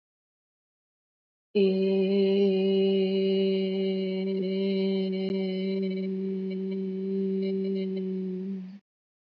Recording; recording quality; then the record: sustained vowel as in made; excellent, no background noise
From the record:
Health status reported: healthy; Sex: female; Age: 50 years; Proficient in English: yes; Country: India